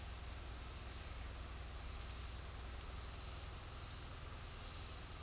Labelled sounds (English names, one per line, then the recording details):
none
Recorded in dense forest near Puerto Asís, Putumayo, Colombia, on 19 March 2025 at 13:30
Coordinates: 0.503, -76.323
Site GP09